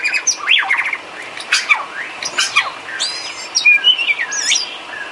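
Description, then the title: Bird: bird song of varied high chirps, rising and falling slurs and short buzzy notes, delivered in quick uneven bursts. Complete masteran set of bird chirping, used to train birds. "Kicau Burung Masteran Lengkap"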